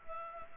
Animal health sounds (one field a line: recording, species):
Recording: mosquito wingbeat signal from an infrared sensor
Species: Culex pipiens